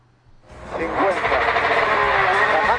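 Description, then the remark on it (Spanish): A rally car engine roars inside the cabin during the Ourense rally, kicking in after a brief quiet moment and staying loud, its revs climbing and dipping in wavering pitch sweeps as the car accelerates. “El interior del coche de Chevy Pons en este rally de Ourense”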